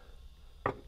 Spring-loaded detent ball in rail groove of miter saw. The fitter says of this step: these upper ones are little detent ball bearings inside of there they're spring loaded and they lock onto these different grooves